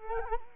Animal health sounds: mosquito wingbeat signal from an infrared sensor; Culex quinquefasciatus

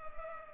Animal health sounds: mosquito wingbeat signal from an infrared sensor; Culex pipiens

